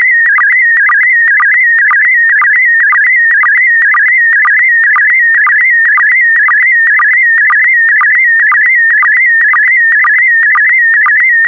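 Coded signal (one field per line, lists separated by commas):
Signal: SSTV (slow-scan television)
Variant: PD120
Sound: continuous warbling tone around 2 kHz with steady rhythmic low blips, twice per second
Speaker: complete. You can now check your decoded image against the picture that is shown on the video.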